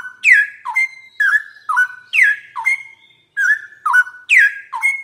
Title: Cucak ROWO Jantan GACOR Suara Lantang ROoo EL Panjang